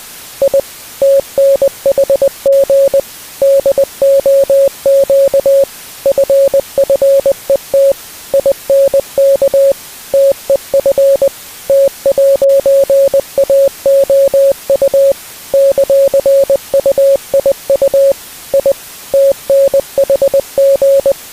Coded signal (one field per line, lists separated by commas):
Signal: Morse code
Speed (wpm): 20 wpm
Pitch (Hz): 550 Hz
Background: music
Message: I TNHG DOQ FFET INK TEF T'AOU ;UIU I TNHG